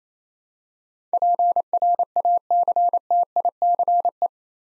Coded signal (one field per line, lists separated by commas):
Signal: Morse code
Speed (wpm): 27 wpm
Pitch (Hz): 700 Hz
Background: none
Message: PRACTICE